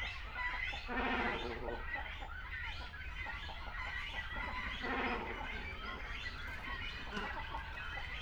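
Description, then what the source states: Great cormorants giving throaty, buzzing croaks, two stronger bouts about four seconds apart, over a steady hubbub of many calling birds. Continental great cormorant, calling at a colony.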